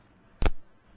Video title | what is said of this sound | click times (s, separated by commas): Fix Your Airbag Light! - Toyota Camry Clock Spring Replacement (2002-2006) | Okay, you'll hear that one click. | 0.5 s